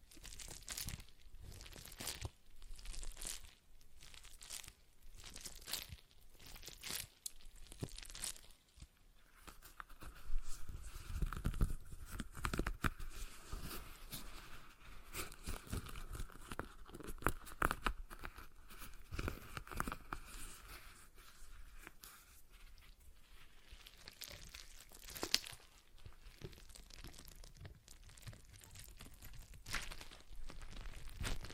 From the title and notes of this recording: ASMR Relaxing Stress Ball Sounds (No Talking).